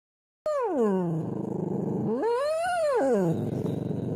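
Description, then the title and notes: Dog howling: a falling wail, then a rising-and-falling howl. Domestic dog named Loki, a little over one year old, reacting to a deer he spotted outside; many things are still new to him. "My dog Loki sees a deer outside. Loki is a little over one year old, and many things are still new to him. Like the deer he spotted outside"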